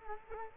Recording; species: mosquito wingbeat signal from an infrared sensor; Culex quinquefasciatus